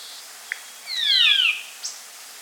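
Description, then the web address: Band-tailed manakin call: a clear descending whistled slur with lower harmonics, framed by brief faint ticks before and after. South America. "S America Band-tailed Manakin (Pipra"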